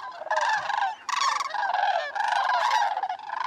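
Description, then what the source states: Sandhill cranes calling as a flock: overlapping rolling, trumpeting rattles from several birds, continuous with brief gaps. Flock gathered in the thousands at southern wintering grounds in New Mexico.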